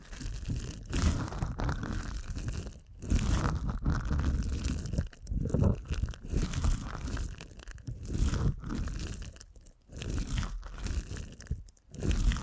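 Deep ear canal massage with dense, crunchy rubbing and crinkling in uneven bursts, broken by brief silent gaps every second or two.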